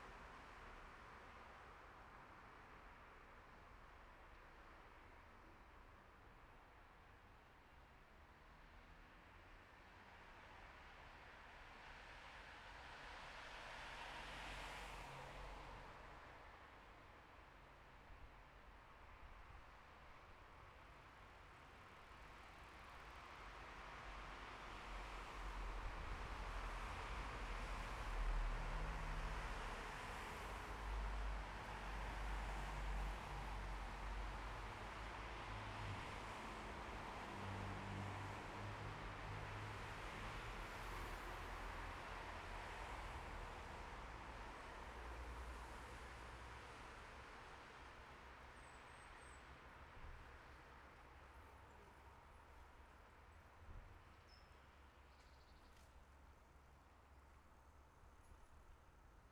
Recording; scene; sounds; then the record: everyday scene through a hearing-aid microphone; in traffic; traffic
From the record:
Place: bus stop on a city main road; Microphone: behind the ear, left, front